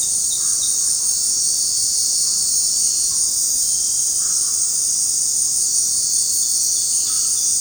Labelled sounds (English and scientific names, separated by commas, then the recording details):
White-throated Toucan (Ramphastos tucanus)
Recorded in dense forest near Puerto Asís, Putumayo, Colombia, on 19 February 2024 at 19:00
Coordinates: 0.503, -76.322
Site G6418